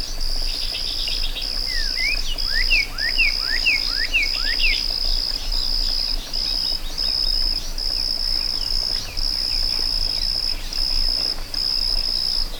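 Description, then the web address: Cricket trilling holds a constant high tone in long bursts, with a series of sweeping bird notes early on. Meadow ambience with birds and crickets. "Dr Sound Effects. A Meadow With Birds and Crickets"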